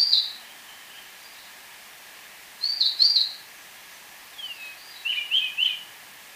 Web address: Natures Songs S America Birds of Ecuador Orange-bellied Euphonia